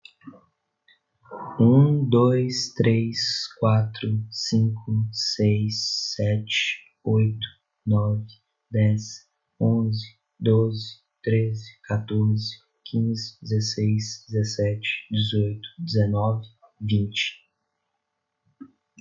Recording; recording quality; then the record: counting at a normal pace; excellent, no background noise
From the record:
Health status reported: recovered from COVID-19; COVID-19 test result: positive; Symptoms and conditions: cold, fever, fatigue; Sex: male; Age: 30 years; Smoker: not ticked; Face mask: not worn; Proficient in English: no